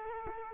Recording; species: mosquito wingbeat signal from an infrared sensor; Culex quinquefasciatus